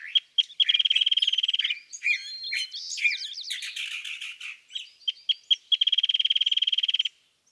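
California thrasher song, a varied run of chirps, slurred notes and harsh jumbled phrases framed by two rapid buzzy rattling trills, high-pitched and loud.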